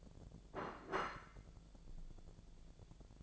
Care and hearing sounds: daily activity, microphone in the room; place plate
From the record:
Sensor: 5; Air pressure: 1000.3 hPa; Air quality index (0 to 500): 120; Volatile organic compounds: 1 ppm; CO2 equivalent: 954 ppm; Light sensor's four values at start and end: 107/253/108/117 and 107/254/108/117

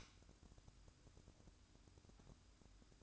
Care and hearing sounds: daily activity, microphone in the room; light on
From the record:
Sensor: 2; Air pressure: 1007.7 hPa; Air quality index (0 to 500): 85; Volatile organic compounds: 1 ppm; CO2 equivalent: 662 ppm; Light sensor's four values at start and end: 7/16/6/6 and 12/36/14/14

